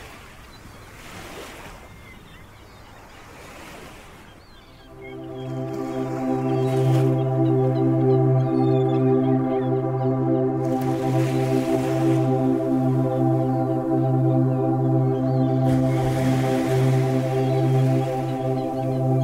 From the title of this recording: Ocean Waves & 528 Hz - 396 Hz - 432 Hz